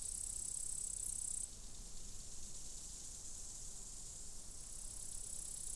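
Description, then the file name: Crickets chirping as a continuous high, fine trill that dips and returns, over a broad hiss of low rumbling outdoor noise. Meadow. "Louka cvrcci-Meadow with crickets"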